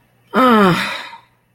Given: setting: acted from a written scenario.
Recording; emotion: vocal sound without words; disappointment